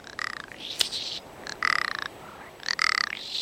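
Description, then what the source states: Rock Ptarmigan giving three dry, grating rattles, with a sharp click between the first two. Spring display on Attu, western Aleutians, Alaska: snow-white male flutters into the air, then glides to earth calling loudly, fanning his black tail before the female.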